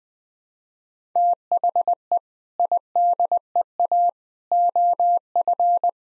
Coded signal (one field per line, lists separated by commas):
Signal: Morse code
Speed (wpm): 20 wpm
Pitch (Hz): 700 Hz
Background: none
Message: THE IDEA OF